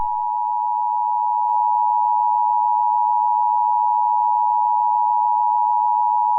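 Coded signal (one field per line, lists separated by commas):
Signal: Emergency Alert System (SAME) tones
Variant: 853 and 960 Hz attention tone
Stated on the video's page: A fictional EAS scenario about a creeper invasion, not a real alert.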